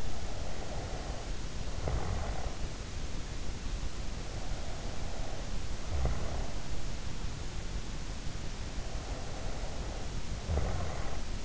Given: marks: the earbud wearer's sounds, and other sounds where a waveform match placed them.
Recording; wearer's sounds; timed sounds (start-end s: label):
sounds in sleep by an in-ear microphone; snoring breath
0.00-2.81 s: snoring breath
4.01-6.77 s: snoring breath
8.57-11.45 s: snoring breath